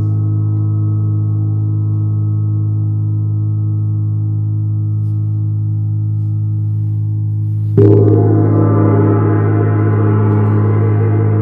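A Neptune gong hums with a deep, steady resonance, its layered low tones sustaining evenly for nearly eight seconds. Just before the eight-second mark it is struck again, and a louder, brighter wash of shimmering overtones blooms over the drone and rings on to the end.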